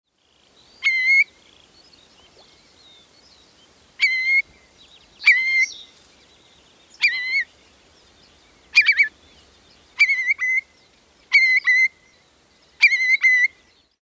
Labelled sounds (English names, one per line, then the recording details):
Eurasian Curlew
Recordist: Tembrock, Günter
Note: Rufe